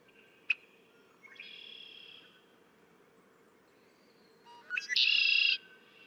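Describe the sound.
Red-winged blackbird: a sharp check note and a softer buzzy phrase, then a loud, harsh buzzy trill near the end.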